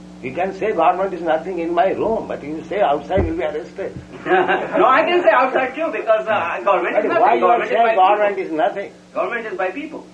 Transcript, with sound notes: You can say government is nothing in my room, but you'll say outside, you'll be arrested. [laughter]
No, I can say outside too, because government is nothing.
Why you say government is nothing?
Government is by people.